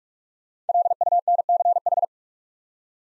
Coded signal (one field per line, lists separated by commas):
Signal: Morse code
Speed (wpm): 44 wpm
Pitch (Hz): 700 Hz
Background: none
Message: LUNCH